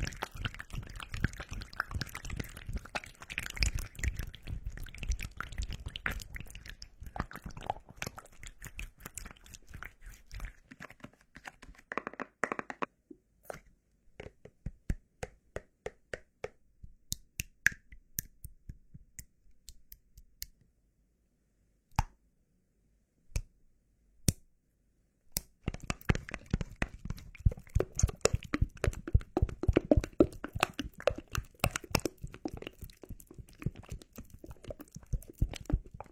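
Sticky, slick lotion being massaged, a dense run of wet squelching and clicking through the first dozen seconds. The sounds then thin into separate sharp taps with near silence around 20–25 seconds, before the busy, tacky rubbing returns to the end.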